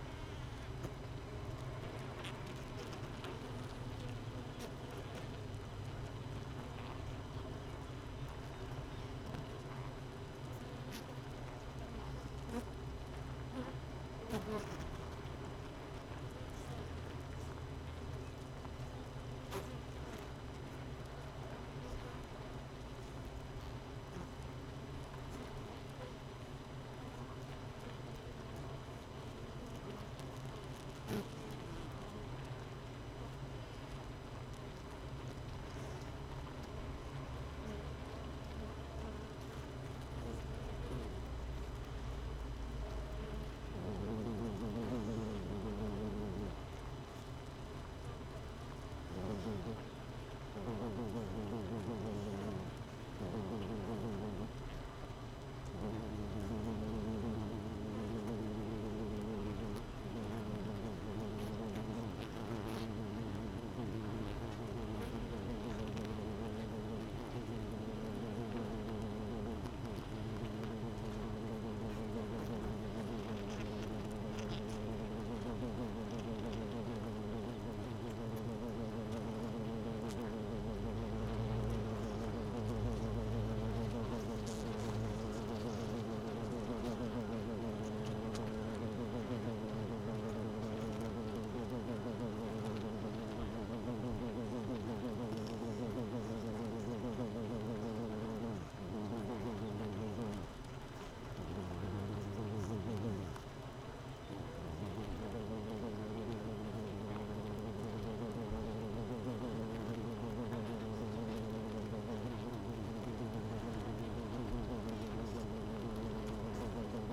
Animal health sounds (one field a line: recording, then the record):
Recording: honeybee colony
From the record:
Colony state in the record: missing queen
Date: 31 May 2018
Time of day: 7:17